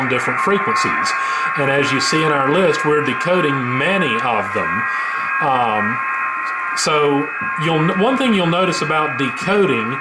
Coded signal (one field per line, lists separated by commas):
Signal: FT8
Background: speech